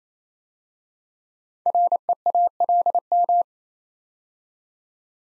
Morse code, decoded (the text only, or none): REALM